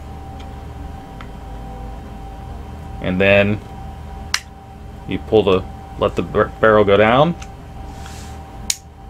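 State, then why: Seated. With the slide back on, the tip-up barrel of a Phoenix Arms HP22 small .22 pistol is let down and pushed onto the frame while someone talks. One sharp click at 8.7 s marks the barrel latching into its locked position.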